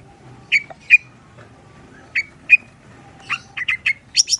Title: Cendet Gacor Dor Di Kala Pagi Toet Toet Variasi Suara. PANCINGAN CENDET SUSAH BUNYI CENDET MACET CENDET STRESS